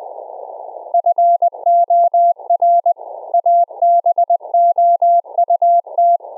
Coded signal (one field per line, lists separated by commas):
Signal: Morse code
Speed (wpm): 20 wpm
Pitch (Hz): 690 Hz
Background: none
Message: FOR ABOUT